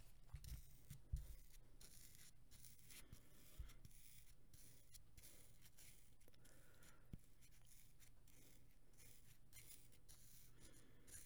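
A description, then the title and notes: Kinetic sand is cut and rubbed in a steady grainy hiss, broken by brief crunchy scrapes and a few soft thumps near the start. Kinetic sand (cutting with a knife and rubbing).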